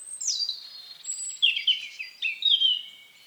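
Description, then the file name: European robin giving short, thin, high whistles and descending warbled notes, quite soft and unhurried, with a few louder bright accents. "Erithacus rubecula"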